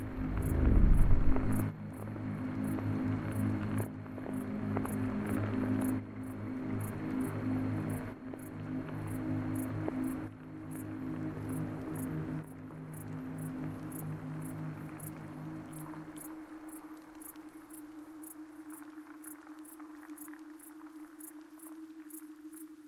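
Crickets chirp in a steady, regular high pulse while low piano notes ring and fade, leaving one sustained tone for the final seconds.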